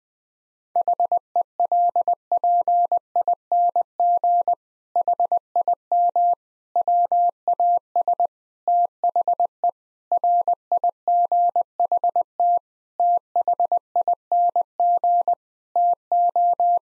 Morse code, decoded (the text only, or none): HELPING HIM WAS THE RIGHT THING TO